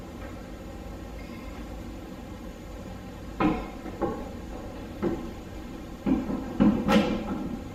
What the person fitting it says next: And that's it, you hear the click.